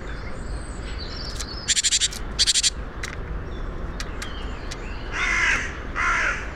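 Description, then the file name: Great tit giving two short, harsh rattling churrs of rapid pulses, followed by faint thin notes and a later pair of hissy bursts. "Parus major"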